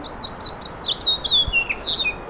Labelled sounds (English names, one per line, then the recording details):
House Finch song
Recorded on Long Island, New York, on 17 May 2012
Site AB
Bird B